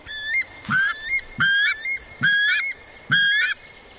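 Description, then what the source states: Weka calling: several loud, nasal, upslurred whistles in a repeated series, the main ones each preceded by a soft low thump. The male's mate calling.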